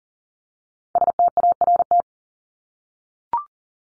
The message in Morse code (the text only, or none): START